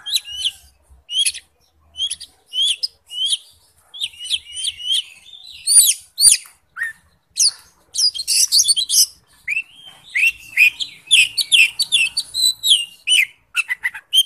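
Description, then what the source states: Bird song of rapid high chirps and trills, delivered in fast bursts with brief gaps, growing busier toward the end. Masteran training recording.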